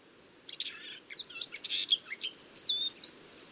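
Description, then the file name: Eurasian blackcap giving a short warbled phrase, rising and falling scratchy notes ending in a few clear, pure whistles. "Sylvia atricapilla"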